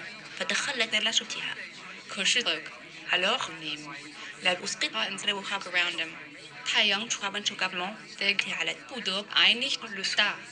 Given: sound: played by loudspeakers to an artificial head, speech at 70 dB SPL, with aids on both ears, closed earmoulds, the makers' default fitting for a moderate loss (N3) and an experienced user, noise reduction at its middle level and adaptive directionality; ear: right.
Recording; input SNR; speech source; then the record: speech test signal (ISTS) in cocktail-party noise; +6 dB; on the right (90 degrees)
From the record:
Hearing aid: class 2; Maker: G